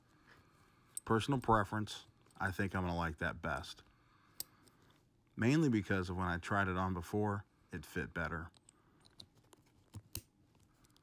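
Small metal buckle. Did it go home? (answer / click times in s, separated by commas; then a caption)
yes / 10.2 s. Someone talks, then soft taps and clicks follow as the metal tongue of a Rydewear quick-release chin strap buckle on a motorcycle helmet is pushed into its receiver. It clicks home sharply at 10.2 s and is seated with a solid click.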